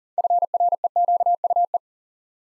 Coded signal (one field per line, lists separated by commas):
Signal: Morse code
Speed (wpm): 38 wpm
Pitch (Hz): 700 Hz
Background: none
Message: FREQUE